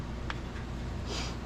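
A new plastic nozzle tip head is slid onto the body of a paint spray gun, and it clicks into place at 0.3 s, seating on both sides. The click is short and sharp over a steady background hiss, followed by a brief airy rustle near the end.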